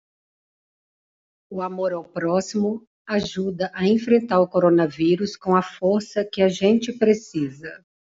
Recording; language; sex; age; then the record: spoken sentence; Brazilian Portuguese; female; 60 to 69 years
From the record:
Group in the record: control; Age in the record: 62 years